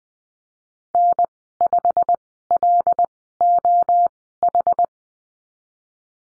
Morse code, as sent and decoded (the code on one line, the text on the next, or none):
-. ..... .-.. --- ....
N5LOH